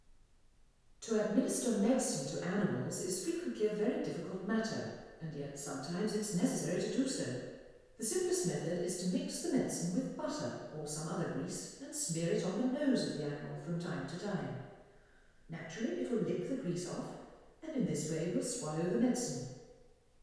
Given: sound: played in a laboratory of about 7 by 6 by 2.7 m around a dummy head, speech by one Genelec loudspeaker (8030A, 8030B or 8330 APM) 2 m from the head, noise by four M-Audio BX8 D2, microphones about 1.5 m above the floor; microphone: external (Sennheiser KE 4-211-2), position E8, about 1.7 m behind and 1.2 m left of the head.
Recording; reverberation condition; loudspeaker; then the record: female speech in English; high; 30 degrees to the right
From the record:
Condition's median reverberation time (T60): about 1300 ms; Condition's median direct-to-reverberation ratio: about -4.0 dB